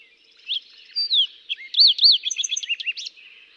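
Fox sparrow song, a bright phrase of whistled slurs and loops, opening with short notes and ending in quick up-and-down warbles.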